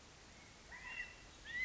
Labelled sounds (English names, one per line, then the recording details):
California Quail
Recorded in Sonoma County, California